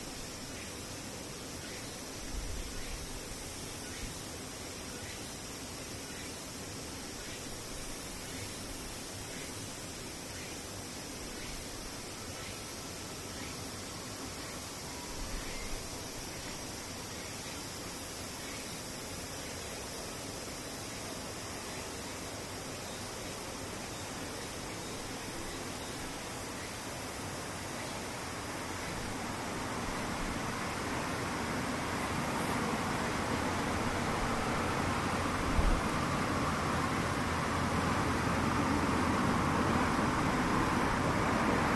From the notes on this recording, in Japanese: セミ